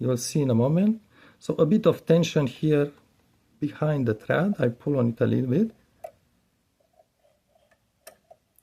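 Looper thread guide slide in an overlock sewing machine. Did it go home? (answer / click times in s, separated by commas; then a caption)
yes / 8.1 s. Someone talks while keeping a little tension on the thread, then slides the looper thread guide on a Brother serger (overlock sewing machine) to the left until its two arrows line up. After a few faint ticks, the slide clicks into place at 8.1 s, seated and capturing the thread in a hidden guide.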